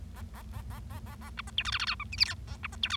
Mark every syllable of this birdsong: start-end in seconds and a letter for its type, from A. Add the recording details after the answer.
0.16-0.22 A, 0.34-0.42 A, 0.53-0.61 A, 0.70-0.79 A, 0.90-0.99 A, 1.06-1.15 A, 1.21-1.30 A, 1.37-1.41 B, 1.47-1.50 C, 1.57-1.63 D, 1.65-1.71 E, 1.72-1.78 F, 1.79-1.85 F, 1.87-1.95 G, 2.00-2.04 H, 2.12-2.16 I, 2.18-2.24 J, 2.25-2.34 K, 2.47-2.56 A, 2.63-2.67 B, 2.72-2.75 C, 2.83-2.88 D, 2.90-2.96 E. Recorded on 25 March 2012 at 11:56. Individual gy6or6